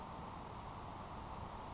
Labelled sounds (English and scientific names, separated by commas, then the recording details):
Grasshopper Sparrow (Ammodramus savannarum)
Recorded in Sonoma County, California